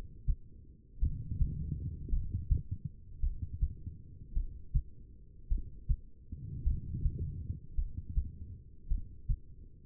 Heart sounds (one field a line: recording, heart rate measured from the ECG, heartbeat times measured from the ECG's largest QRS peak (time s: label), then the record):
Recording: heart sounds by stethoscope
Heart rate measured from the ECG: 53 bpm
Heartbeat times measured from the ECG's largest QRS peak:
0.99 s: heartbeat
2.09 s: heartbeat
3.20 s: heartbeat
4.33 s: heartbeat
5.48 s: heartbeat
6.63 s: heartbeat
7.75 s: heartbeat
8.87 s: heartbeat
From the record:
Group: heart failure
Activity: rest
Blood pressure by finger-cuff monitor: 86/64 mmHg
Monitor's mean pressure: 71 mmHg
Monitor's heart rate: 53 bpm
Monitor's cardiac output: 2.5 L/min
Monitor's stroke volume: 48 mL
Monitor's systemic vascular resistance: 2020 dyn s/cm5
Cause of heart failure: non-ischemic cardiomyopathy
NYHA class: 1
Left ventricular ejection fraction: 52%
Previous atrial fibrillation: present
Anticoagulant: apixaban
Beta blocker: bisoprolol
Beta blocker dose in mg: 10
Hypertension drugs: sacubitril-valsartan, spironolactone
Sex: female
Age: 68 years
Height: 169 cm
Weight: 71 kg